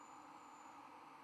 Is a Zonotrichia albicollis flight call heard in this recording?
no